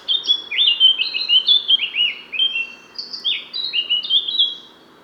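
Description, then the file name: Eurasian blackcap singing: a fast run of rich, fluty whistled phrases, sliding up and down, delivered in quick succession for about four seconds, with faint background hiss. "Sylvia atricapilla"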